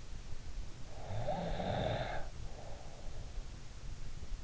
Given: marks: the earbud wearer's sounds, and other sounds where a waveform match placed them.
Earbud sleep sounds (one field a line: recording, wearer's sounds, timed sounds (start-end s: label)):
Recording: sounds in sleep by an in-ear microphone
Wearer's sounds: snoring breath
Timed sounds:
0.42-3.13 s: snoring breath